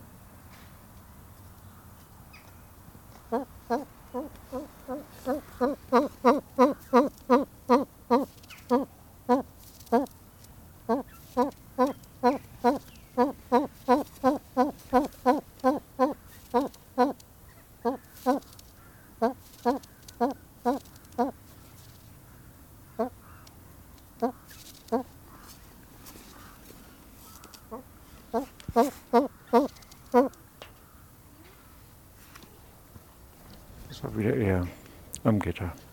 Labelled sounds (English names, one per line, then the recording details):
Blue Eared Pheasant call
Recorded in captivity
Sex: pair
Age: adult
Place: Tierpark Berlin, Berlin, DE
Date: 1997-01-12 14:42
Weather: heiter, fast windstill, -5°C
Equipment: Nagra SN, Kopie Uher 4000 Report Monitor
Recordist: Tembrock, Günter